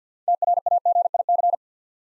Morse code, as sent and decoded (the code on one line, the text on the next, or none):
- .-. .- --. .. -.-.
TRAGIC